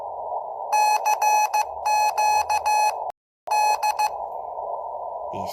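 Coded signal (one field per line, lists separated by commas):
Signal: Morse code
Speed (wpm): 15 wpm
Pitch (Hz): 850 Hz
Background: none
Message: CQD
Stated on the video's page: Search for the Titanic's CQD distress signal on a CW frequency, using a transmitting antenna near Halifax.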